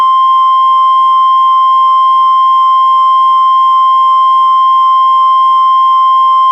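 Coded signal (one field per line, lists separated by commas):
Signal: Emergency Alert System (SAME) tones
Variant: 1050 Hz attention tone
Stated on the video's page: Fictional EAS scenario alert about an interstellar war event.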